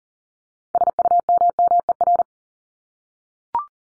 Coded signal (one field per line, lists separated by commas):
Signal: Morse code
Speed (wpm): 40 wpm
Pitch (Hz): 700 Hz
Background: none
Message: SUMMER